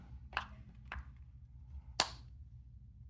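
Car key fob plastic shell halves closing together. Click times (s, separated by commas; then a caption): 2.0 s. Two plastic halves of a replacement key fob shell for a Saturn Sky / Solstice remote are squeezed together by hand, pressing closed over the reused circuit board. Two lighter clicks come at about 0.4 and 0.9 seconds, then a sharp, louder snap at 2.0 seconds as the halves press-fit shut. The shell ends up firmly closed.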